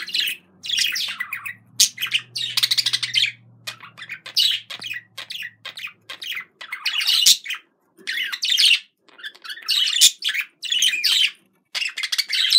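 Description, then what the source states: Budgerigar chattering warble: a fast run of scratchy chirps, clicks and squeaky notes in uneven bursts with brief pauses between phrases. Described as a love sound.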